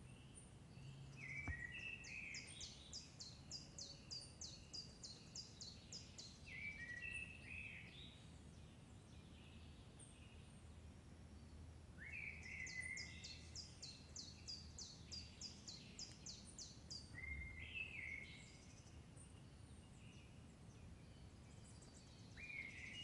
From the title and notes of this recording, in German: Ein Morgen im Wald mit dem Surround-Mikrophon.